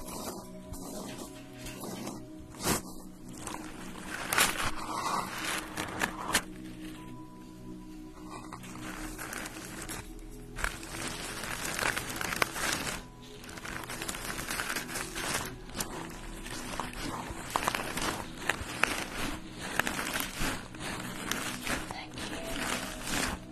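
A facial treatment with soft rubbing, dabbing and handling sounds, steady low hum, frequent sharp taps and a brief faint voice.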